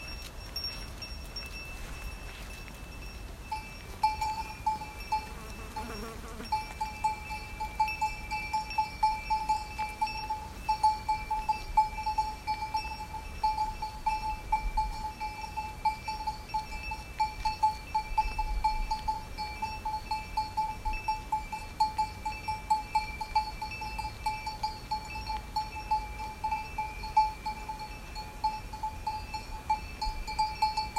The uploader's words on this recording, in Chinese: 牛群迎面走來。下午的牛群，覓食完回家。林芝，西藏。